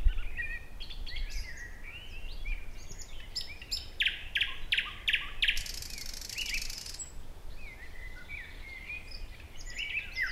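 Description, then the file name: Thrush nightingale song with a run of evenly spaced loud clicks, a high buzzy rattle, then softer whistled and chattering phrases, over faint low rumble. "Naktergal"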